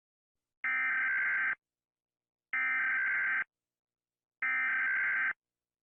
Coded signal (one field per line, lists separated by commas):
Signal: Emergency Alert System (SAME) tones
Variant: header bursts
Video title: People are rating EAS alarms, so I decided to rate them too (TW: ALARMS)